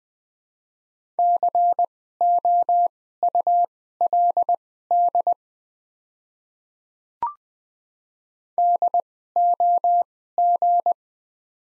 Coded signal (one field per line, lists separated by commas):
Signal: Morse code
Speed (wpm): 21 wpm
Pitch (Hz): 700 Hz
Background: none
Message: COULD DOG